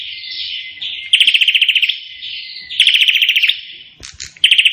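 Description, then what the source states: Prinia: continuous soft buzzing broken by loud rapid-fire rattles of sharp high clicks, three volleys, with a faint knock near the end. Bird singing energetically (gacor); song style called suara tembakan AK-47, the AK-47 gunfire sound.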